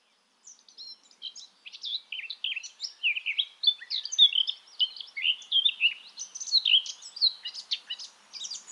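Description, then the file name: Eurasian blackcap giving a continuous, hurried warble of mixed scratchy and sweet notes. "Sylvia atricapilla"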